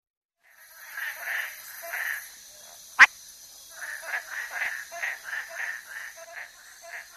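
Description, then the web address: Frog calls: short nasal notes in quick runs, repeated throughout, with one sharp loud click near three seconds and a steady high insect buzz behind. Frog of the Ecuadorian Amazon, South America. "Natures Songs. Frogs of Ecuadorian Amazon Hyla calcarata"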